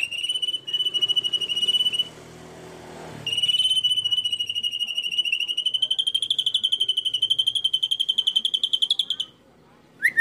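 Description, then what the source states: Canary delivering a sustained, very fast pulsing trill, interrupted briefly, then resumed and held until it stops. Long-duration canary song, used as a complete bird master (tutor) song.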